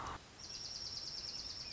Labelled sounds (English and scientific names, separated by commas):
Dark-eyed Junco (Junco hyemalis)